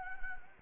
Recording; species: mosquito wingbeat signal from an infrared sensor; Anopheles gambiae